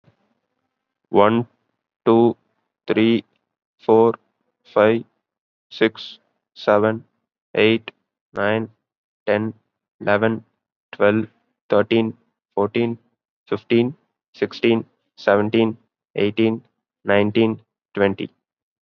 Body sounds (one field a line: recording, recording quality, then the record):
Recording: counting at a normal pace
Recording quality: excellent, no background noise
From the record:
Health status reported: COVID-19 positive, mild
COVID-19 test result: positive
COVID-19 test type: RT-PCR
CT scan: not taken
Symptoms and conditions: cough, fever, fatigue, muscle pain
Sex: male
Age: 20 years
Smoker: no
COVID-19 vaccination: one dose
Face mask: worn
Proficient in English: yes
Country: India